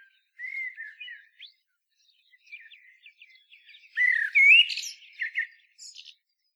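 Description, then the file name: Common blackbird song: a low fluty opening note, soft short notes, then a loud rich whistled phrase ending in high thin squeaks. "Turdus merula"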